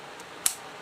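The bolt of a 2240 CO2 pellet gun is pulled back further while cocking, and a single sharp, bright click sounds at 0.5 s over quiet background hiss. This second click shows the bolt has seated, releasing gas from the CO2 cartridge into the gun.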